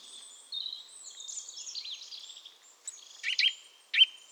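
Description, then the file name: Eurasian nuthatch calls: a few sharp, abrupt chirps in the second half, after a wash of high twittering. "Sitta europaea"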